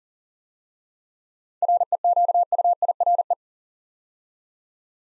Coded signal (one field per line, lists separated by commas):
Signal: Morse code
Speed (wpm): 38 wpm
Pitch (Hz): 700 Hz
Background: none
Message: REQUIRE